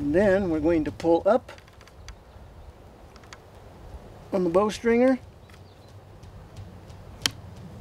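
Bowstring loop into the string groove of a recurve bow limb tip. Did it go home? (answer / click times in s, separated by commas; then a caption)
yes / 7.3 s. Someone talks while a recurve bow is flexed on a bowstringer so the bowstring loop can slide up the wooden/fiberglass limb tip, with a few faint ticks in between. At 7.3 s a single sharp, loud snap is heard as tension comes back onto the string and the loop seats into the string groove of the limb tip.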